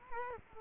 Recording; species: mosquito wingbeat signal from an infrared sensor; Culex quinquefasciatus